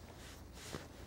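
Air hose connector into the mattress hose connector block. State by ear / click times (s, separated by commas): not seated / none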